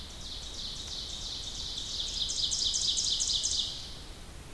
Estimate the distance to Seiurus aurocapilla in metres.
about 40 m